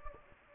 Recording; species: mosquito wingbeat signal from an infrared sensor; Anopheles gambiae